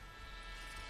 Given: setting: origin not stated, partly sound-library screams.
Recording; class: one-second piece from a danger detection set; normal situation